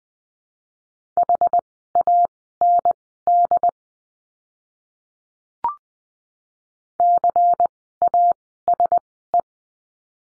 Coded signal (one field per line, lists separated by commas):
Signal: Morse code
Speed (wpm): 19 wpm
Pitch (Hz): 700 Hz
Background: none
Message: HAND CASE